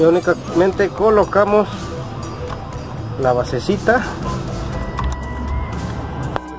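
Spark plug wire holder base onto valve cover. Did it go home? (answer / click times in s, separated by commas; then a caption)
yes / 6.4 s. The plastic base that holds the spark plug wires is pressed by hand back onto the valve cover as a press fit, while someone talks. A sharp snap at 6.4 s marks the base seating home on the valve cover.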